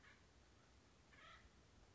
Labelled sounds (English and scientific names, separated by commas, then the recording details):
Acorn Woodpecker (Melanerpes formicivorus)
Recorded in Sonoma County, California